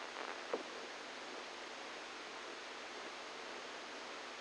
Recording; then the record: brain microelectrode recording played as sound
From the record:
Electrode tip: inside the subthalamic nucleus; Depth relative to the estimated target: -4 mm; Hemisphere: right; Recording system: NeuroSet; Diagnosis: Parkinson's disease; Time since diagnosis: 10 years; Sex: male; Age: 63 years